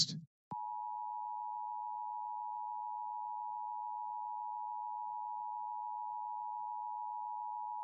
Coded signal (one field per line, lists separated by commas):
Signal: Emergency Alert System (SAME) tones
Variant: 853 and 960 Hz attention tone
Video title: LIVE AM/MW DX: DX Central Live - S. 3, Ep. 13 | Friday, December 16, 2022 | MWFC: 576-605 kHz